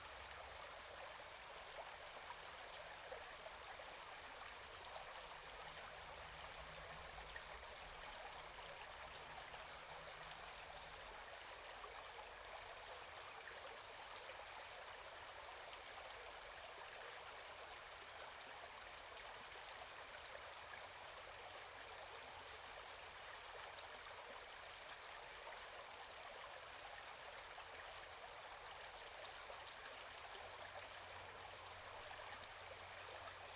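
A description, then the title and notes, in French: A grasshopper stridulates in a high, rapid, buzzing trill, running in long bursts with brief pauses, over faint low murmur. SAUTERELLE EN BORD DE DRÔME. Menglon - Nagra Seven - omni B&K. C'est ainsi que j'enregistre à la nuit tombante cette belle ambiance mixte rivière et insecte.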